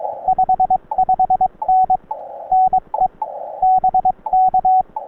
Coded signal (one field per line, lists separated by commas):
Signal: Morse code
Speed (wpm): 22 wpm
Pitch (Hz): 750 Hz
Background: radio noise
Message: 55N NE BK